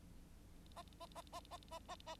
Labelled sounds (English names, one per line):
Bengalese Finch song